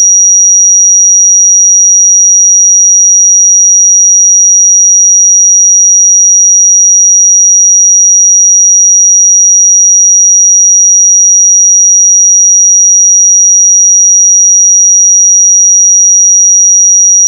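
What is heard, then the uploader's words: A pure sine tone at 5755 Hz sounds for the full seventeen seconds, a single thin, bright, high pitch. It holds perfectly steady in pitch and loudness with no breaks, wobble or other sounds, ending abruptly at the very end. 5755 Hz 1 Hz Interval Sine Pure Tone Frequency 441000 Sample Mono.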